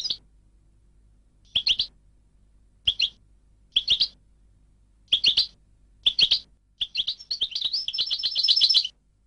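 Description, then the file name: Goldfinch giving several short bursts of chirps, then a fast, sustained twittering at the end over a faint low hum. "audio burung goldfinch"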